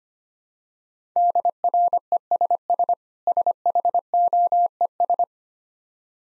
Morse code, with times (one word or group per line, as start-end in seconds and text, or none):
1.2-2.9 DRESS
3.3-5.2 SHOES